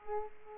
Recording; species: mosquito wingbeat signal from an infrared sensor; Aedes aegypti